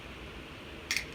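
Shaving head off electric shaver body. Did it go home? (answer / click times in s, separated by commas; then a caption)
released / 0.9 s. The plastic shaving head is pulled off the body of a Phillips Norelco 7500 electric shaver, which releases it with no special trick. After quiet background hiss, there is a sharp click at 0.9 s, quickly followed by a second brief tick. The head comes free.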